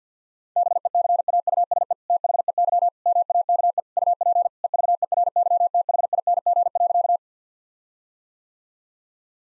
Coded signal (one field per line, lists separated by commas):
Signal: Morse code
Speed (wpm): 50 wpm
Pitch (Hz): 700 Hz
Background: none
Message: BECAUSE THEY MAKE UP EVERYTHING.